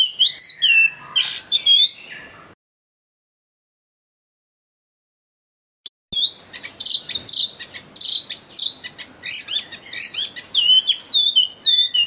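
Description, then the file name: Chinese hwamei song: loud, varied whistled phrases and rapid slurred notes, broken by a silent gap of a few seconds before the song resumes vigorously. Hwamei in gacor condition, in full song. "audio hwamei gacor. omkicau"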